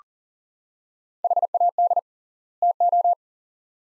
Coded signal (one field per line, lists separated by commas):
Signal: Morse code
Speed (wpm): 40 wpm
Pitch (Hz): 700 Hz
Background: none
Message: HAD TO